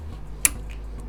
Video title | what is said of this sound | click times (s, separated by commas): Intake Manifold Gasket Replacement Grand Caravan Town & Country Part 2 of 2 | going to push that all the way up and you want to hear it click when you push it into position just | 0.5 s